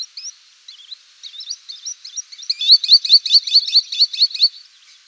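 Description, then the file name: Green sandpiper calling: thin high whistled notes, at first scattered, then running into a quick, even series of sharp repeated notes before trailing off. "Skogssnappa"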